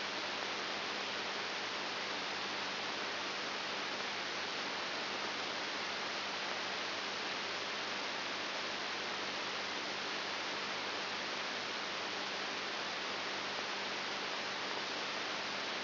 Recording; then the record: brain microelectrode recording played as sound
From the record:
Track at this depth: inside the subthalamic nucleus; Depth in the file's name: 6.101 mm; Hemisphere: left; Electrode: 3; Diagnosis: Parkinson's disease